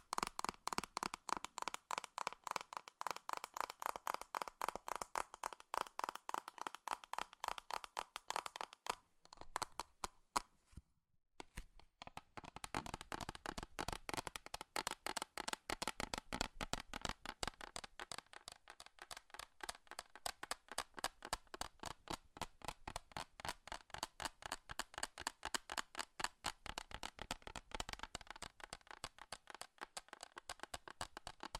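Fast, dense metal tapping rattles on almost without pause, with a brief lull near ten seconds before the bright, clicking rhythm resumes.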